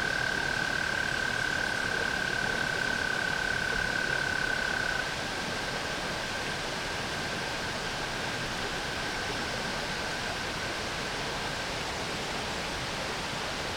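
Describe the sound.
Tree frog call, a loud steady high trill for about five seconds, then much softer, with a broad, constant background hiss throughout.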